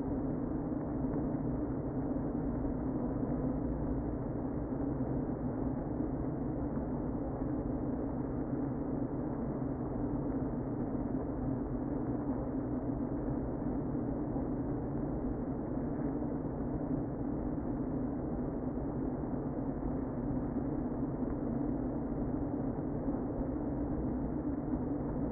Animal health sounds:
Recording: honeybee colony, microphone inside the hive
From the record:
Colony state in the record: queen present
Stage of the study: before two queens were removed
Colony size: about 60,000 bees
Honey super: yes

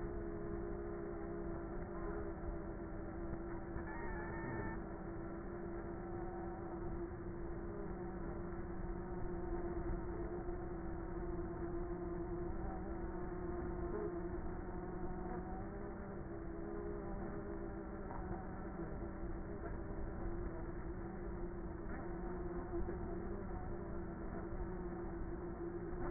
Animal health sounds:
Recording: honeybee colony, microphone inside the hive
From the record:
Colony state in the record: queenless with a low population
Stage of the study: before two queens were removed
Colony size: about 30,000 bees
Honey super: no

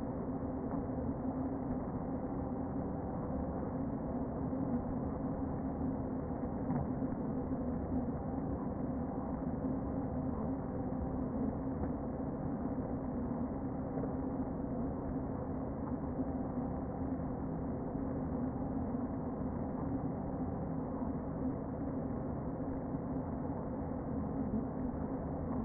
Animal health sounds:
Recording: honeybee colony, microphone inside the hive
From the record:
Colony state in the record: queen present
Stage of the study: before two queens were removed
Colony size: about 60,000 bees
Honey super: yes

